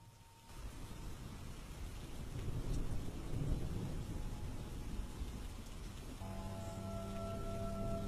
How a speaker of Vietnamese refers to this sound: Trời đất đổ cơn mưa to. Đêm hôm đó, tôi nằm ở trong phòng y tế, lắng nghe tiếng mưa.